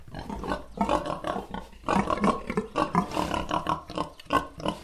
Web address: tieng con lon keu trong chuong. tieng con lon keu heo keu trong chuong